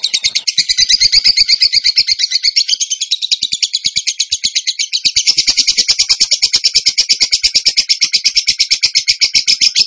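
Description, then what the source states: Bird song: a sustained, rapid, rattling trill lasting the full ten seconds, pulses dense and steady with slight shifts in pitch. Masteran training recording of bird song in the tembakan gacor style.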